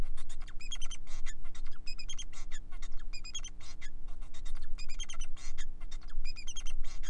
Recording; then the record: song of a male Bengalese finch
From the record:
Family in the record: son of father 4